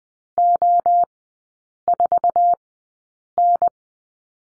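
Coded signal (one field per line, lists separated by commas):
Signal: Morse code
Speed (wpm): 20 wpm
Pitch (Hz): 700 Hz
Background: none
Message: O4N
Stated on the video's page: Morse code course lesson of three-character groups with Farnsworth spacing at 20/10 wpm.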